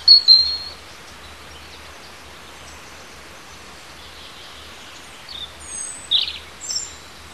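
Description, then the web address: Bird gives brief high chirps at the start and a few short, squeaky notes toward the end, with quiet background between. Native hedge bird recorded in March, part of school biology teaching material on hedge ecology. "oeko hecke vogel maerz vogel heimisch"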